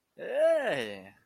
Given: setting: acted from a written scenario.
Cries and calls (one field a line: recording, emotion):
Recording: vocal sound without words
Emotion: interest